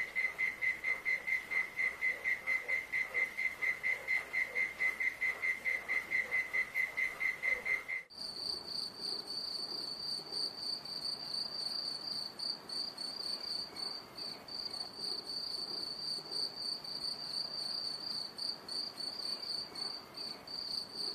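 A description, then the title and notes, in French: Insects chirp on a farm, at first a steady, rapid, pulsing trill at a mid-high pitch. Around eight seconds the sound cuts abruptly to a brighter, higher, denser buzzing that continues evenly to the end over a soft background hiss. A la ferme avec ses animaux.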